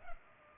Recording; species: mosquito wingbeat signal from an infrared sensor; Culex pipiens